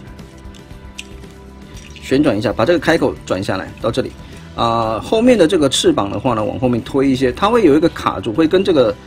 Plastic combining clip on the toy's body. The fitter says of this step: 扣好，然后这里有一个组合的卡扣，把它给扣上，旋转一下，